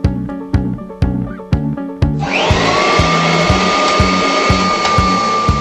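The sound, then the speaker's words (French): A steady rhythmic beat plays, then after about two seconds a vacuum cleaner starts up, its motor whine rising into a loud, constant roar that continues over the beat. “Tortoli et Arbatax, l'émission radio idéale pour passer l'aspirateur.”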